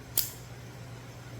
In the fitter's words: You hear that? You heard that little snap?